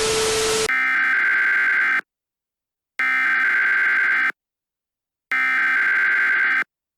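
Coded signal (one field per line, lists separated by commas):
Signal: Emergency Alert System (SAME) tones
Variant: header bursts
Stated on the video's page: Satirical fictional EAS scenario about a UK digital ID system.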